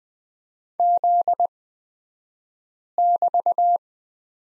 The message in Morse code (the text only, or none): Z<BT>